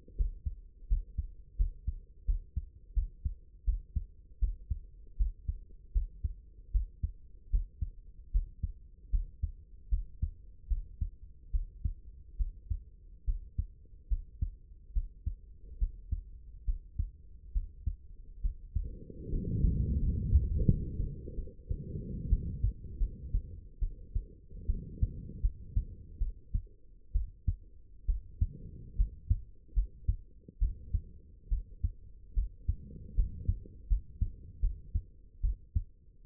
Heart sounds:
heart sounds by stethoscope; 75 bpm
0.17 s: heartbeat
0.88 s: heartbeat
1.57 s: heartbeat
2.26 s: heartbeat
2.95 s: heartbeat
3.65 s: heartbeat
4.40 s: heartbeat
5.18 s: heartbeat
5.93 s: heartbeat
6.72 s: heartbeat
7.51 s: heartbeat
8.32 s: heartbeat
9.11 s: heartbeat
9.90 s: heartbeat
10.69 s: heartbeat
11.52 s: heartbeat
12.38 s: heartbeat
13.26 s: heartbeat
14.09 s: heartbeat
14.94 s: heartbeat
15.79 s: heartbeat
16.65 s: heartbeat
17.53 s: heartbeat
18.42 s: heartbeat
19.30 s: heartbeat
19.99 s: heartbeat
20.66 s: heartbeat
21.35 s: heartbeat
22.29 s: heartbeat
22.98 s: heartbeat
23.80 s: heartbeat
24.67 s: heartbeat
25.41 s: heartbeat
26.19 s: heartbeat
27.13 s: heartbeat
28.07 s: heartbeat
28.97 s: heartbeat
29.74 s: heartbeat
30.59 s: heartbeat
31.49 s: heartbeat
32.35 s: heartbeat
33.16 s: heartbeat
33.88 s: heartbeat
34.61 s: heartbeat
35.42 s: heartbeat
36.24 s: heartbeat
From the record:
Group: healthy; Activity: Valsalva maneuver 0-23 s, rest 23-36 s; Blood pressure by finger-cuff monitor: 109/74 mmHg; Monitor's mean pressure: 91 mmHg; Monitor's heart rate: 75 bpm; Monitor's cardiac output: 6.7 L/min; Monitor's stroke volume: 86 mL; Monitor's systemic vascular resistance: 1020 dyn s/cm5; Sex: female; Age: 22 years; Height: 161 cm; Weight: 65.5 kg

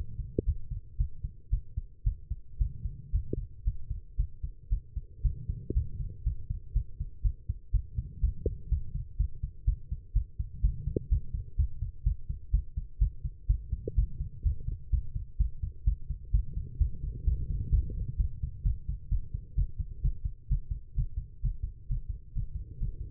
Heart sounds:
heart sounds by stethoscope; 124 bpm
0.45 s: heartbeat
0.98 s: heartbeat
1.50 s: heartbeat
2.04 s: heartbeat
2.58 s: heartbeat
3.12 s: heartbeat
3.64 s: heartbeat
4.17 s: heartbeat
4.69 s: heartbeat
5.22 s: heartbeat
5.74 s: heartbeat
6.24 s: heartbeat
6.73 s: heartbeat
7.22 s: heartbeat
7.72 s: heartbeat
8.21 s: heartbeat
8.69 s: heartbeat
9.17 s: heartbeat
9.65 s: heartbeat
10.13 s: heartbeat
10.62 s: heartbeat
11.09 s: heartbeat
11.57 s: heartbeat
12.04 s: heartbeat
12.51 s: heartbeat
12.99 s: heartbeat
13.47 s: heartbeat
13.95 s: heartbeat
14.43 s: heartbeat
14.90 s: heartbeat
15.38 s: heartbeat
15.85 s: heartbeat
16.32 s: heartbeat
16.78 s: heartbeat
17.25 s: heartbeat
17.71 s: heartbeat
18.17 s: heartbeat
18.63 s: heartbeat
19.12 s: heartbeat
19.55 s: heartbeat
20.02 s: heartbeat
20.48 s: heartbeat
20.95 s: heartbeat
21.42 s: heartbeat
21.88 s: heartbeat
22.34 s: heartbeat
22.79 s: heartbeat
From the record:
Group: healthy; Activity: rest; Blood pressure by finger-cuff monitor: 146/79 mmHg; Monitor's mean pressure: 94 mmHg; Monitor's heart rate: 125 bpm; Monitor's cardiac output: 9.6 L/min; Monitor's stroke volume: 77 mL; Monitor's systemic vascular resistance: 720 dyn s/cm5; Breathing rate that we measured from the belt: 22 breaths a minute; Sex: female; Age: 19 years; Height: 163 cm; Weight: 51 kg

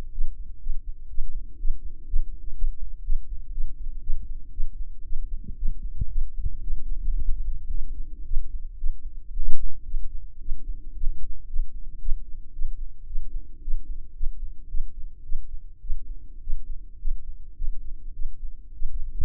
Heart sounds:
heart sounds by microphone in the left ear; 113 bpm
0.13 s: heartbeat
0.61 s: heartbeat
1.10 s: heartbeat
1.60 s: heartbeat
2.09 s: heartbeat
2.57 s: heartbeat
3.05 s: heartbeat
3.53 s: heartbeat
4.02 s: heartbeat
4.52 s: heartbeat
5.05 s: heartbeat
5.58 s: heartbeat
6.11 s: heartbeat
6.63 s: heartbeat
7.16 s: heartbeat
7.70 s: heartbeat
8.26 s: heartbeat
8.79 s: heartbeat
9.32 s: heartbeat
9.86 s: heartbeat
10.41 s: heartbeat
10.96 s: heartbeat
11.49 s: heartbeat
12.01 s: heartbeat
12.54 s: heartbeat
13.07 s: heartbeat
13.63 s: heartbeat
14.16 s: heartbeat
14.69 s: heartbeat
15.24 s: heartbeat
15.82 s: heartbeat
16.42 s: heartbeat
17.00 s: heartbeat
17.57 s: heartbeat
18.14 s: heartbeat
18.74 s: heartbeat
From the record:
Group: healthy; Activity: rest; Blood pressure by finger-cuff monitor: 101/69 mmHg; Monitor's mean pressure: 78 mmHg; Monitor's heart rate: 113 bpm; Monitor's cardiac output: 8.4 L/min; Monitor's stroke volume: 74 mL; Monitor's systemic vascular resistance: 680 dyn s/cm5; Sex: female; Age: 19 years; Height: 163 cm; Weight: 48.9 kg

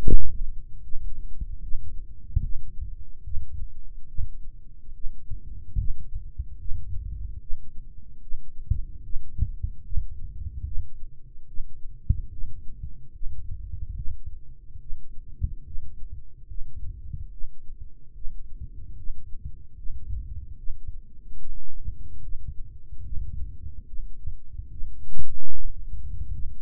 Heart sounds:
heart sounds by microphone in the right ear; 73 bpm
0.05 s: heartbeat
0.82 s: heartbeat
1.62 s: heartbeat
2.42 s: heartbeat
3.24 s: heartbeat
4.08 s: heartbeat
4.93 s: heartbeat
5.77 s: heartbeat
6.58 s: heartbeat
7.40 s: heartbeat
8.21 s: heartbeat
9.03 s: heartbeat
9.83 s: heartbeat
10.65 s: heartbeat
11.47 s: heartbeat
12.31 s: heartbeat
13.13 s: heartbeat
13.96 s: heartbeat
14.80 s: heartbeat
15.65 s: heartbeat
16.48 s: heartbeat
17.31 s: heartbeat
18.14 s: heartbeat
18.97 s: heartbeat
19.76 s: heartbeat
20.57 s: heartbeat
21.39 s: heartbeat
22.22 s: heartbeat
23.04 s: heartbeat
23.87 s: heartbeat
24.70 s: heartbeat
25.52 s: heartbeat
26.32 s: heartbeat
From the record:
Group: healthy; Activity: rest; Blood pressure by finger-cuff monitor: 132/84 mmHg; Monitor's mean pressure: 103 mmHg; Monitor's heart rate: 73 bpm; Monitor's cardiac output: 4.1 L/min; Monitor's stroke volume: 55 mL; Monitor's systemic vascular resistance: 1850 dyn s/cm5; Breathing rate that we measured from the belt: 18 breaths a minute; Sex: male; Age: 55 years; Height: 167 cm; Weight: 57.2 kg

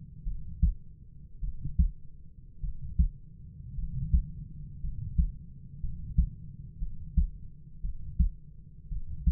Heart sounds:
heart sounds by stethoscope; 55 bpm
0.24 s: heartbeat
1.41 s: heartbeat
2.61 s: heartbeat
3.75 s: heartbeat
4.81 s: heartbeat
5.81 s: heartbeat
6.79 s: heartbeat
7.82 s: heartbeat
8.89 s: heartbeat
From the record:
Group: healthy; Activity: rest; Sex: male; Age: 25 years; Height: 170 cm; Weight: 70.4 kg

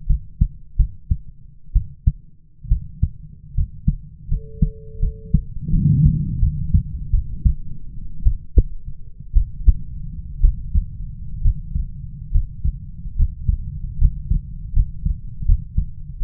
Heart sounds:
heart sounds by stethoscope; 71 bpm
0.07 s: heartbeat
0.77 s: heartbeat
1.73 s: heartbeat
2.69 s: heartbeat
3.55 s: heartbeat
4.28 s: heartbeat
5.00 s: heartbeat
5.71 s: heartbeat
6.40 s: heartbeat
7.11 s: heartbeat
8.23 s: heartbeat
9.33 s: heartbeat
10.41 s: heartbeat
11.42 s: heartbeat
12.31 s: heartbeat
13.16 s: heartbeat
13.98 s: heartbeat
14.73 s: heartbeat
15.45 s: heartbeat
16.21 s: heartbeat
From the record:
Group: healthy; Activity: rest 0-4 s, Valsalva maneuver 4-16 s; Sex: female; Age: 22 years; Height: 157 cm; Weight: 47.6 kg

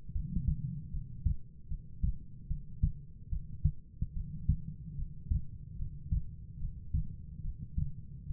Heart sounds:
heart sounds by stethoscope; 74 bpm
0.13 s: heartbeat
0.91 s: heartbeat
1.69 s: heartbeat
2.48 s: heartbeat
3.30 s: heartbeat
4.14 s: heartbeat
4.96 s: heartbeat
5.77 s: heartbeat
6.59 s: heartbeat
7.42 s: heartbeat
8.27 s: heartbeat
From the record:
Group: heart failure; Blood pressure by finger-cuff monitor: 82/51 mmHg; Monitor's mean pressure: 64 mmHg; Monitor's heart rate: 74 bpm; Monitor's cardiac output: 5.7 L/min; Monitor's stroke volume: 76 mL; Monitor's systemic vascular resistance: 790 dyn s/cm5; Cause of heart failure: non-ischemic cardiomyopathy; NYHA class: 1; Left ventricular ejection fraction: 42%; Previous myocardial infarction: absent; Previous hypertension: absent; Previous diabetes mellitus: absent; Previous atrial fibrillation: absent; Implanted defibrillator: present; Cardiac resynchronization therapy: absent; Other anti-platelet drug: absent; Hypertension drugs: sacubitril-valsartan, spironolactone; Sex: female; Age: 39 years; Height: 162 cm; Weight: 67.9 kg

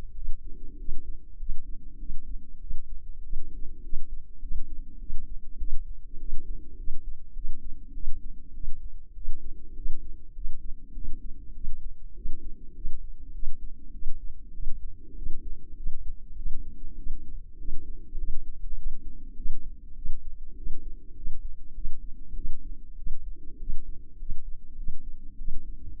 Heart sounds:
heart sounds by microphone in the left ear; 100 bpm
0.14 s: heartbeat
0.77 s: heartbeat
1.38 s: heartbeat
1.98 s: heartbeat
2.60 s: heartbeat
3.22 s: heartbeat
3.82 s: heartbeat
4.40 s: heartbeat
4.99 s: heartbeat
5.58 s: heartbeat
6.18 s: heartbeat
6.77 s: heartbeat
7.34 s: heartbeat
7.93 s: heartbeat
8.53 s: heartbeat
9.14 s: heartbeat
9.75 s: heartbeat
10.34 s: heartbeat
10.93 s: heartbeat
11.53 s: heartbeat
12.14 s: heartbeat
12.74 s: heartbeat
13.32 s: heartbeat
13.92 s: heartbeat
14.52 s: heartbeat
15.15 s: heartbeat
15.75 s: heartbeat
16.35 s: heartbeat
16.96 s: heartbeat
17.57 s: heartbeat
18.17 s: heartbeat
18.75 s: heartbeat
19.35 s: heartbeat
19.95 s: heartbeat
20.55 s: heartbeat
21.15 s: heartbeat
21.73 s: heartbeat
22.34 s: heartbeat
22.96 s: heartbeat
23.58 s: heartbeat
24.18 s: heartbeat
24.76 s: heartbeat
25.37 s: heartbeat
25.99 s: heartbeat
From the record:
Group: healthy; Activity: rest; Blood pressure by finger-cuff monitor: 137/69 mmHg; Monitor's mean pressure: 91 mmHg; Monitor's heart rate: 100 bpm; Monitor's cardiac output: 9.1 L/min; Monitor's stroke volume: 91 mL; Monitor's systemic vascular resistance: 740 dyn s/cm5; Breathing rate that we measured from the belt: 21 breaths a minute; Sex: female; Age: 24 years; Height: 163 cm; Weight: 55.7 kg

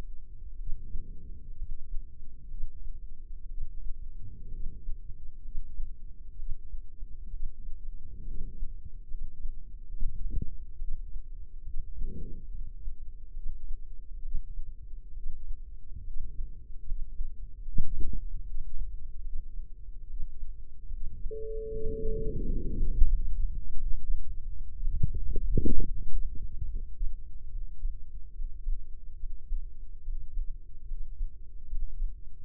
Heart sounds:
heart sounds by microphone in the left ear; 70 bpm
0.55 s: heartbeat
1.54 s: heartbeat
2.46 s: heartbeat
3.46 s: heartbeat
4.48 s: heartbeat
5.40 s: heartbeat
6.34 s: heartbeat
7.28 s: heartbeat
8.23 s: heartbeat
9.06 s: heartbeat
9.91 s: heartbeat
10.77 s: heartbeat
11.62 s: heartbeat
12.49 s: heartbeat
13.32 s: heartbeat
14.20 s: heartbeat
15.12 s: heartbeat
16.02 s: heartbeat
16.83 s: heartbeat
17.63 s: heartbeat
18.43 s: heartbeat
19.21 s: heartbeat
20.05 s: heartbeat
20.88 s: heartbeat
21.68 s: heartbeat
22.41 s: heartbeat
23.08 s: heartbeat
23.75 s: heartbeat
24.79 s: heartbeat
25.80 s: heartbeat
26.67 s: heartbeat
27.50 s: heartbeat
28.32 s: heartbeat
29.16 s: heartbeat
30.01 s: heartbeat
30.84 s: heartbeat
31.65 s: heartbeat
32.43 s: heartbeat
From the record:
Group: healthy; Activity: rest 0-21 s, breath hold 21-32 s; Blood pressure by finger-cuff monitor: 115/71 mmHg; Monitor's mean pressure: 88 mmHg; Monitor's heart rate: 71 bpm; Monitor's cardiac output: 6.6 L/min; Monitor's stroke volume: 94 mL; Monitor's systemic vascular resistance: 970 dyn s/cm5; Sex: female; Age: 23 years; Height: 160 cm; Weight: 50.4 kg

